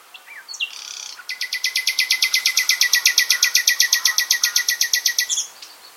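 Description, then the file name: Common nightingale delivering a loud, very rapid run of identical pulsed notes, steady for about four seconds after a few short introductory notes. "Luscinia megarhynchos"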